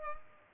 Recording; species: mosquito wingbeat signal from an infrared sensor; Culex pipiens